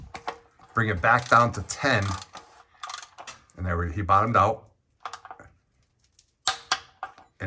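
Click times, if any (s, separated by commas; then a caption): 6.5 s. A torque wrench set to 20 ft-lbs tightens a fastener, likely the canister oil filter cap, during an oil and filter change on a 2008 Lexus RX-350 with the Toyota 3.5L V6, while someone talks. After ratcheting and a pause, the wrench breaks over with a sharp click at 6.5 s, showing the fastener has reached 20 ft-lbs, followed by a few more mechanical clicks.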